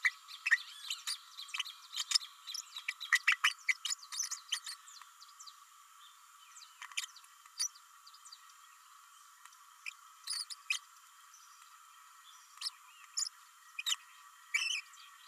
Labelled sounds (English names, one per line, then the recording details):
Green-rumped Parrotlet babbling
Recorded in a nest box in Venezuela
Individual 18B104A3